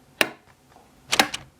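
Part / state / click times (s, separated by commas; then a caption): plastic tilt foot on the underside of a keyboard / seated / 0.2 s, 1.2 s. The two small plastic tilt feet under the back of an ASUS TUF Gaming K1 RGB wired gaming keyboard, made of hard, solid plastic, are flipped up and snap into their open position. A sharp, bright click at 0.2 s is followed by a faint tick, then a quick cluster of clicks around 1.1–1.3 s with the strongest at 1.2 s. Both flaps lock open with a satisfying click.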